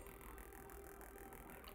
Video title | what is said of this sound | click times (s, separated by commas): PRUSA MK4 KIT BUILD - Part 2 #3dprinting #livestream | I love these connectors these connectors are did you hear that click please | 1.7 s